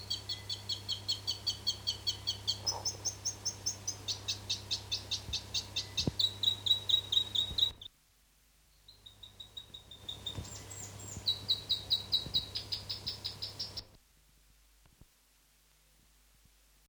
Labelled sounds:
South Island Robin
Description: New Zealand robin/toutouwai song
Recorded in New Zealand

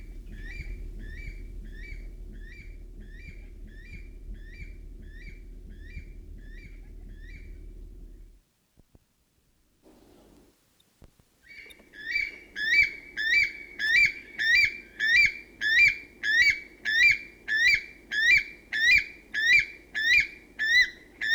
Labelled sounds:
Weka
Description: North Island weka song
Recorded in New Zealand

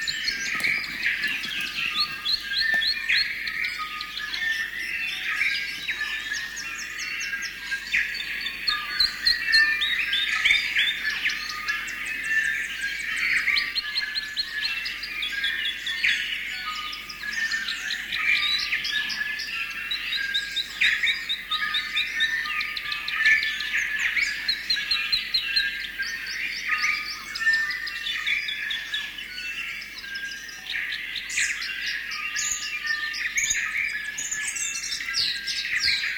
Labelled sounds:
New Zealand Bellbird
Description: Dawn chorus with bellbird/korimako in the foreground
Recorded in New Zealand

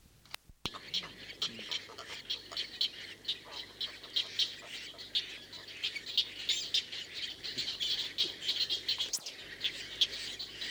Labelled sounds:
Great Egret
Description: White heron/kōtuku song
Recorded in New Zealand

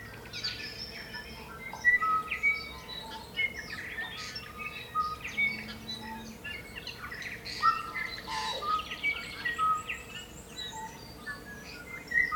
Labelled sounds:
Tūī
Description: Dawn chorus with tūī in the foreground
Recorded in New Zealand

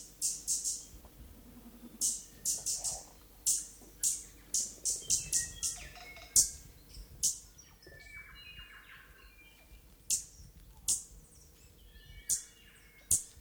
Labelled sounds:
Stitchbird
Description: Hihi/stitchbird song
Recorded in New Zealand

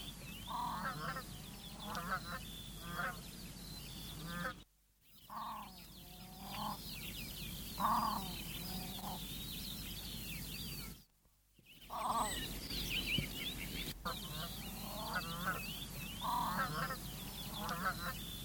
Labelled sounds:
Great Crested Grebe
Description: Australasian crested grebe song
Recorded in New Zealand

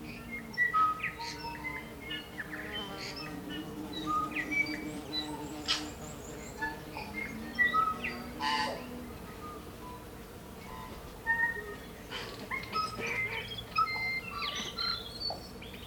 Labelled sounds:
Tūī
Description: Dawn chorus with tūī in the foreground
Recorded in New Zealand

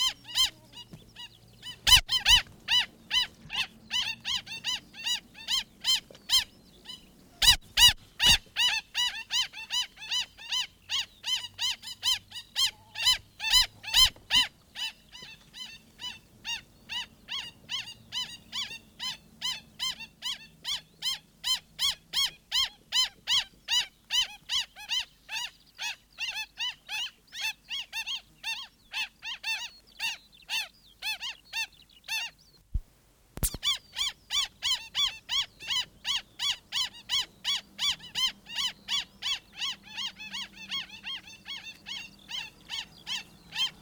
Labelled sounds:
Black Stilt
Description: Adult black stilt/kakī song
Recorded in New Zealand

